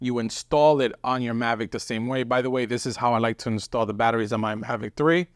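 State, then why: Not seated. A third-party First Power flight battery is being handled for installation into the rear battery bay of a DJI Mavic 3 folding camera drone, while a man talks throughout. Nothing has seated or clicked yet; the clip ends just before the battery snaps home.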